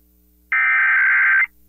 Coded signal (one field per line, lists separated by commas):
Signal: Emergency Alert System (SAME) tones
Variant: header bursts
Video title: EAS Required Monthly Test South Dakota Statewide +WeatherSTAR4000 (KBRK-FM Brookings, SD)